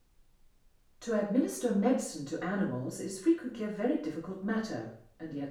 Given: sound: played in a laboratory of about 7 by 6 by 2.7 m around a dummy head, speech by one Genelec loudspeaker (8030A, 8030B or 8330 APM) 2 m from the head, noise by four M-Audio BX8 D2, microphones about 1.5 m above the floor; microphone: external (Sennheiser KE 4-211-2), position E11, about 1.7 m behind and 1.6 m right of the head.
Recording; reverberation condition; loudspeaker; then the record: female speech in English; medium; 60 degrees to the right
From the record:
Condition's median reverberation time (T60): about 510 ms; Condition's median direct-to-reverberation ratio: about -0.5 dB